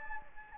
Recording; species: mosquito wingbeat signal from an infrared sensor; Anopheles gambiae